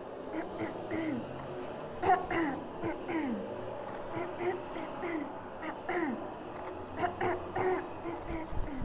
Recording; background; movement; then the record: throat clearing; traffic; sitting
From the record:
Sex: female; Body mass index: 18.8 kg/m2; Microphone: on the chest, facing outward